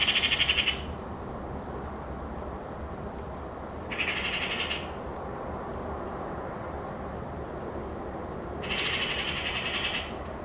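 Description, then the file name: Eurasian magpie chattering in three harsh, rattling bursts, each under two seconds, spaced a few seconds apart over a low background hiss. "Pica pica"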